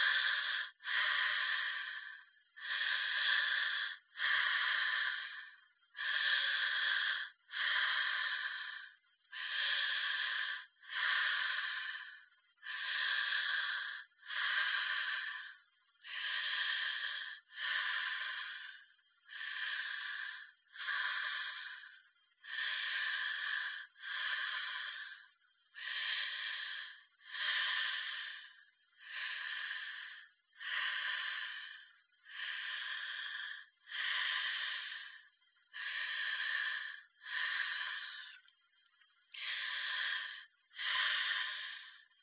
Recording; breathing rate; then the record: paced breathing near a phone; 18 breaths a minute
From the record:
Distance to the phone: 40 cm